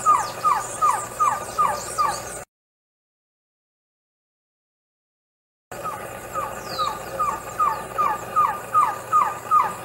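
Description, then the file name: Trogon giving repeated short falling notes in an even, rapid series, broken by a gap; a brief high falling note from another bird cuts in. "canto do surucua de barriga amarela"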